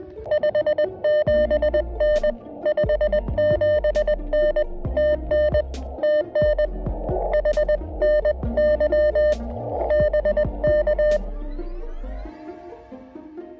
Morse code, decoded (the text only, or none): 57N 57N TN TN HNY BK